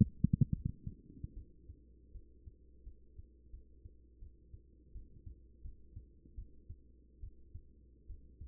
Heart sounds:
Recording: heart sounds by stethoscope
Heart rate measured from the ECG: 80 bpm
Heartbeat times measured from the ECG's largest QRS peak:
0.52 s: heartbeat
1.33 s: heartbeat
2.11 s: heartbeat
2.83 s: heartbeat
3.50 s: heartbeat
4.19 s: heartbeat
4.92 s: heartbeat
5.61 s: heartbeat
6.35 s: heartbeat
7.20 s: heartbeat
8.06 s: heartbeat
From the record:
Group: healthy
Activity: rest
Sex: female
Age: 24 years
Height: 163 cm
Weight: 55.7 kg

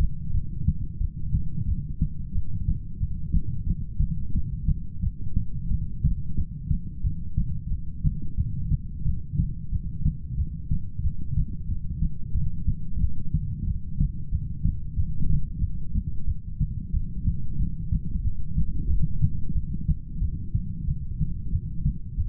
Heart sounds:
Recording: heart sounds by stethoscope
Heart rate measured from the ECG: 91 bpm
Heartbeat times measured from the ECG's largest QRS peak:
0.33 s: heartbeat
1.00 s: heartbeat
1.68 s: heartbeat
2.34 s: heartbeat
3.00 s: heartbeat
3.66 s: heartbeat
4.34 s: heartbeat
5.02 s: heartbeat
5.70 s: heartbeat
6.37 s: heartbeat
7.04 s: heartbeat
7.70 s: heartbeat
8.37 s: heartbeat
9.05 s: heartbeat
9.72 s: heartbeat
10.38 s: heartbeat
11.03 s: heartbeat
11.68 s: heartbeat
12.34 s: heartbeat
13.00 s: heartbeat
13.67 s: heartbeat
14.31 s: heartbeat
14.96 s: heartbeat
15.61 s: heartbeat
16.27 s: heartbeat
16.93 s: heartbeat
17.59 s: heartbeat
18.24 s: heartbeat
18.89 s: heartbeat
19.55 s: heartbeat
20.21 s: heartbeat
20.87 s: heartbeat
21.52 s: heartbeat
22.17 s: heartbeat
From the record:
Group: heart failure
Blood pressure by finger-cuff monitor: 103/61 mmHg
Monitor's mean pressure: 75 mmHg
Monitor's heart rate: 91 bpm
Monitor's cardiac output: 8.5 L/min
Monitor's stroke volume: 94 mL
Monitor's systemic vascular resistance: 630 dyn s/cm5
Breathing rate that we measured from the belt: 16 breaths a minute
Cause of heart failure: ischemic heart disease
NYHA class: 1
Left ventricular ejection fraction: 38%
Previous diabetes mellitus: present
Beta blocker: bisoprolol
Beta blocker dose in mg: 15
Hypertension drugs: sacubitril-valsartan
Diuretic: furosemide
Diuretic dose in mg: 20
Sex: male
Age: 33 years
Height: 172 cm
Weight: 78.5 kg

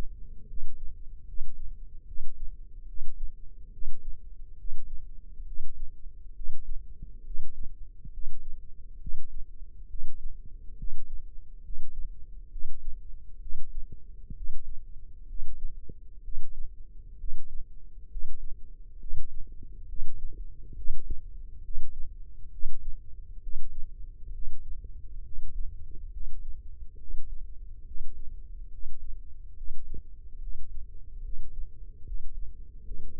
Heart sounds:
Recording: heart sounds by microphone in the left ear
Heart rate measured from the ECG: 69 bpm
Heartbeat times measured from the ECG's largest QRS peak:
0.47 s: heartbeat
1.26 s: heartbeat
2.06 s: heartbeat
2.87 s: heartbeat
3.71 s: heartbeat
4.57 s: heartbeat
5.45 s: heartbeat
6.34 s: heartbeat
7.24 s: heartbeat
8.11 s: heartbeat
8.99 s: heartbeat
9.88 s: heartbeat
10.77 s: heartbeat
11.63 s: heartbeat
12.50 s: heartbeat
13.40 s: heartbeat
14.35 s: heartbeat
15.27 s: heartbeat
16.22 s: heartbeat
17.18 s: heartbeat
18.09 s: heartbeat
18.99 s: heartbeat
19.87 s: heartbeat
20.75 s: heartbeat
21.62 s: heartbeat
22.51 s: heartbeat
23.41 s: heartbeat
24.32 s: heartbeat
25.23 s: heartbeat
26.11 s: heartbeat
26.98 s: heartbeat
27.85 s: heartbeat
28.70 s: heartbeat
29.55 s: heartbeat
30.40 s: heartbeat
31.22 s: heartbeat
32.04 s: heartbeat
32.84 s: heartbeat
From the record:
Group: healthy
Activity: rest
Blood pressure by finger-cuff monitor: 135/86 mmHg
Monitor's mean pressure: 105 mmHg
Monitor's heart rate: 68 bpm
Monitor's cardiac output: 5.2 L/min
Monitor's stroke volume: 77 mL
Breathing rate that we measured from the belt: 18 breaths a minute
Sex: male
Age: 35 years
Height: 178 cm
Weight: 64 kg

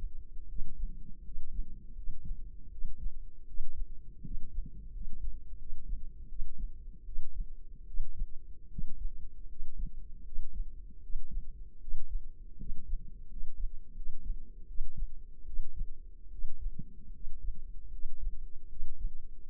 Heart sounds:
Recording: heart sounds by microphone in the left ear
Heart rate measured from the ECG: 79 bpm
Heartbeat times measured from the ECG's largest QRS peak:
0.45 s: heartbeat
1.21 s: heartbeat
1.93 s: heartbeat
2.68 s: heartbeat
3.43 s: heartbeat
4.20 s: heartbeat
4.90 s: heartbeat
5.55 s: heartbeat
6.26 s: heartbeat
7.02 s: heartbeat
7.83 s: heartbeat
8.67 s: heartbeat
9.45 s: heartbeat
10.21 s: heartbeat
10.99 s: heartbeat
11.77 s: heartbeat
12.55 s: heartbeat
13.26 s: heartbeat
13.92 s: heartbeat
14.64 s: heartbeat
15.43 s: heartbeat
16.28 s: heartbeat
17.10 s: heartbeat
17.88 s: heartbeat
18.66 s: heartbeat
19.44 s: heartbeat
From the record:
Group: healthy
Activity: rest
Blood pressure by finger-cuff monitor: 111/67 mmHg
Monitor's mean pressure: 77 mmHg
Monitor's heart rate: 79 bpm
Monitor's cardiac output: 5.7 L/min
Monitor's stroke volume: 71 mL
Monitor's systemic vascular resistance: 1020 dyn s/cm5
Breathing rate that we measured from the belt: 15 breaths a minute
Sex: male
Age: 20 years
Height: 167 cm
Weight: 61 kg

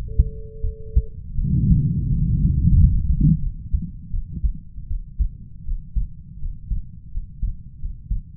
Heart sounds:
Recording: heart sounds by stethoscope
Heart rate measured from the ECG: 84 bpm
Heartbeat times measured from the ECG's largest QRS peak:
0.61 s: heartbeat
1.35 s: heartbeat
2.09 s: heartbeat
2.74 s: heartbeat
3.39 s: heartbeat
4.11 s: heartbeat
4.87 s: heartbeat
5.64 s: heartbeat
6.39 s: heartbeat
7.10 s: heartbeat
7.79 s: heartbeat
From the record:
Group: healthy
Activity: rest 0-2 s, Valsalva maneuver 2-8 s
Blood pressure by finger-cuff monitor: 114/84 mmHg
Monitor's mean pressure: 93 mmHg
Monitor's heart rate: 81 bpm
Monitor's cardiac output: 6.1 L/min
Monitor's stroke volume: 76 mL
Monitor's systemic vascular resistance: 1080 dyn s/cm5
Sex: male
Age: 20 years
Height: 187 cm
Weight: 68.9 kg

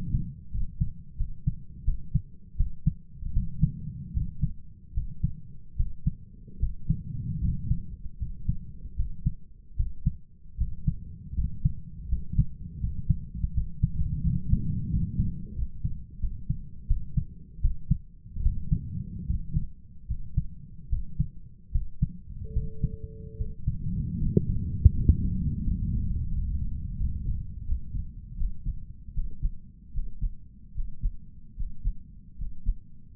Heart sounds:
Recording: heart sounds by stethoscope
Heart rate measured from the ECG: 79 bpm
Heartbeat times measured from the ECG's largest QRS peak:
0.50 s: heartbeat
1.16 s: heartbeat
1.83 s: heartbeat
2.56 s: heartbeat
3.32 s: heartbeat
4.12 s: heartbeat
4.93 s: heartbeat
5.75 s: heartbeat
6.58 s: heartbeat
7.40 s: heartbeat
8.17 s: heartbeat
8.95 s: heartbeat
9.75 s: heartbeat
10.56 s: heartbeat
11.34 s: heartbeat
12.07 s: heartbeat
12.79 s: heartbeat
13.53 s: heartbeat
14.22 s: heartbeat
14.89 s: heartbeat
15.54 s: heartbeat
16.19 s: heartbeat
16.86 s: heartbeat
17.60 s: heartbeat
18.41 s: heartbeat
19.25 s: heartbeat
20.06 s: heartbeat
20.88 s: heartbeat
21.70 s: heartbeat
22.52 s: heartbeat
23.36 s: heartbeat
24.17 s: heartbeat
24.91 s: heartbeat
25.61 s: heartbeat
26.29 s: heartbeat
26.96 s: heartbeat
27.64 s: heartbeat
28.36 s: heartbeat
29.13 s: heartbeat
29.92 s: heartbeat
30.73 s: heartbeat
31.55 s: heartbeat
32.36 s: heartbeat
33.14 s: heartbeat
From the record:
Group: healthy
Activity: rest 0-24 s, breath hold 24-33 s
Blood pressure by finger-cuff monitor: 88/60 mmHg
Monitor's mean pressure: 68 mmHg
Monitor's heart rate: 77 bpm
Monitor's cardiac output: 6.5 L/min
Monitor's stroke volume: 84 mL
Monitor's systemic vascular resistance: 730 dyn s/cm5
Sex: male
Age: 23 years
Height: 178 cm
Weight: 96.6 kg

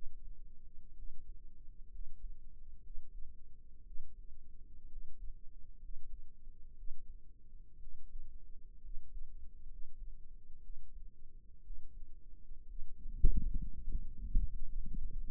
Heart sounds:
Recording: heart sounds by microphone in the right ear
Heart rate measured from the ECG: 61 bpm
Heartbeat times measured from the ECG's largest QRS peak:
0.94 s: heartbeat
1.89 s: heartbeat
2.81 s: heartbeat
3.83 s: heartbeat
4.87 s: heartbeat
5.79 s: heartbeat
6.74 s: heartbeat
7.78 s: heartbeat
8.81 s: heartbeat
9.67 s: heartbeat
10.61 s: heartbeat
11.61 s: heartbeat
12.65 s: heartbeat
13.58 s: heartbeat
14.64 s: heartbeat
From the record:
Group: healthy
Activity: rest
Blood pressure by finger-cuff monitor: 127/74 mmHg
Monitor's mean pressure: 89 mmHg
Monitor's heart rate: 62 bpm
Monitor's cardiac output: 5.8 L/min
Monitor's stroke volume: 94 mL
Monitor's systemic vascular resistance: 1120 dyn s/cm5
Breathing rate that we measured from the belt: 16 breaths a minute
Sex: male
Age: 22 years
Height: 181 cm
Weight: 79 kg

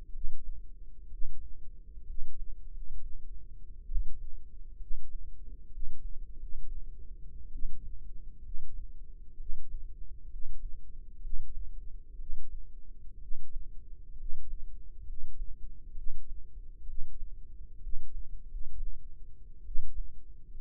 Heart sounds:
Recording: heart sounds by microphone in the left ear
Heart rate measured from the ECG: 65 bpm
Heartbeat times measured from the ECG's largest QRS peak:
0.09 s: heartbeat
1.07 s: heartbeat
2.02 s: heartbeat
2.68 s: heartbeat
3.85 s: heartbeat
4.76 s: heartbeat
5.67 s: heartbeat
6.33 s: heartbeat
7.48 s: heartbeat
8.39 s: heartbeat
9.34 s: heartbeat
10.26 s: heartbeat
11.18 s: heartbeat
12.15 s: heartbeat
13.16 s: heartbeat
14.13 s: heartbeat
15.02 s: heartbeat
15.92 s: heartbeat
16.83 s: heartbeat
17.77 s: heartbeat
18.44 s: heartbeat
19.61 s: heartbeat
20.53 s: heartbeat
From the record:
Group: healthy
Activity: rest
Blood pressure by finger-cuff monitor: 114/73 mmHg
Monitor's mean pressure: 85 mmHg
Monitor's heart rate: 65 bpm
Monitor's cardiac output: 5.4 L/min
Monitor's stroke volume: 82 mL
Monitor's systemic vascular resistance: 1160 dyn s/cm5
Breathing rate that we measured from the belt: 15 breaths a minute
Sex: female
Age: 22 years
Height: 171 cm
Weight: 65.6 kg

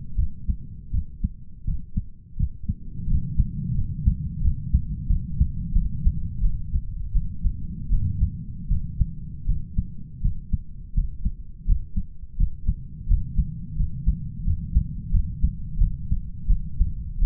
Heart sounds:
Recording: heart sounds by stethoscope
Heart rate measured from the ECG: 85 bpm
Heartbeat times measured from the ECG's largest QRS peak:
0.16 s: heartbeat
0.92 s: heartbeat
1.65 s: heartbeat
2.37 s: heartbeat
3.08 s: heartbeat
3.76 s: heartbeat
4.42 s: heartbeat
5.07 s: heartbeat
5.73 s: heartbeat
6.41 s: heartbeat
7.13 s: heartbeat
7.90 s: heartbeat
8.69 s: heartbeat
9.46 s: heartbeat
10.22 s: heartbeat
10.94 s: heartbeat
11.66 s: heartbeat
12.37 s: heartbeat
13.08 s: heartbeat
13.77 s: heartbeat
14.44 s: heartbeat
15.11 s: heartbeat
15.78 s: heartbeat
16.47 s: heartbeat
17.19 s: heartbeat
From the record:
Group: healthy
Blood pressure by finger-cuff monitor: 119/72 mmHg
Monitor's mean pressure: 87 mmHg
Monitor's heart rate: 85 bpm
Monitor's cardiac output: 8 L/min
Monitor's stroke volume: 96 mL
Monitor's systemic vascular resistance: 790 dyn s/cm5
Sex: male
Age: 33 years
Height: 179 cm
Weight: 80.4 kg

